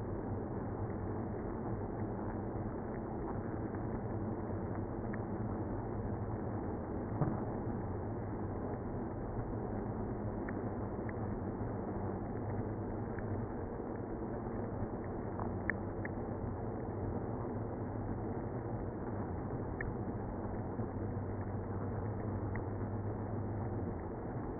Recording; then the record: honeybee colony, microphone inside the hive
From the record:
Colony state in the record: queenless (queen removed); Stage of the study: after two queens were removed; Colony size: about 60,000 bees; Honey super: yes